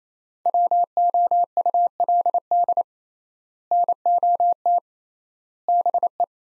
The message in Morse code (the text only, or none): WOULD NOT BE